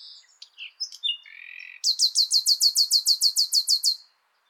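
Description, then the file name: Common nightingale song: varied whistled and buzzy notes, a drawn-out note, then a loud series of many rapid, evenly repeated descending notes. "Luscinia megarhynchos"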